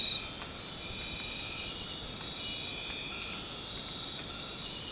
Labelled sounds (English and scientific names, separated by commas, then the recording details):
none
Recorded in dense forest near Puerto Asís, Putumayo, Colombia, on 24 March 2025 at 21:00
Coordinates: 0.500, -76.322
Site GP06